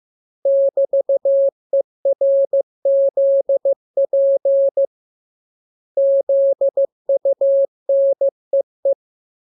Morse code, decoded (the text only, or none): <BT>ERZP ZUNEE